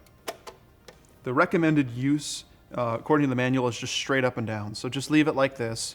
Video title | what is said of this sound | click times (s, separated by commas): THE BEST WIRELESS MICROPHONE FOR EVENTS -- Shure ULX-D Wireless Mic System - Review | these are really nice because they click into place | 0.3 s, 0.5 s, 0.9 s